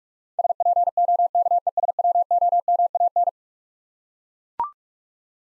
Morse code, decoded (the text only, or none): SPOKESWOMAN